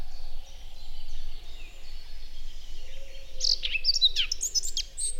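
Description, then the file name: Eurasian blackcap: faint twittering at first, then a short loud burst of quick, buzzy and whistled warbling notes near the end. "Sylvia atricapilla"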